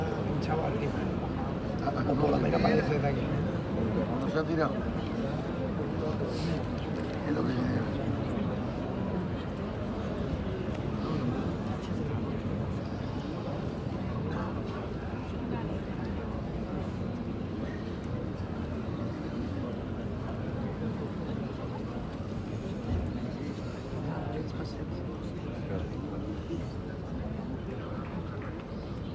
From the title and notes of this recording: Bullfight, Plaza de toros de la Real Maestranza de Caballería de Sevilla, Spain. By Charity Be.